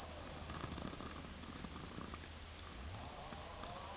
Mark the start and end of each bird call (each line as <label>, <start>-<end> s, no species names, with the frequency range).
bird call (4.1-6.2 kHz), 1.23-3.91 s